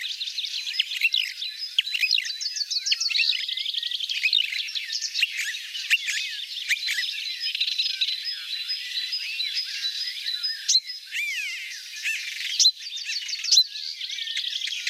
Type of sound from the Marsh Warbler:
song